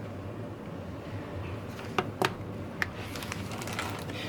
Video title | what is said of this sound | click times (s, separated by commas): 2nd Gen gets some needed love | you'll just hear that click into place and you're going to want to push press pretty hard because it's | 2.0 s, 2.8 s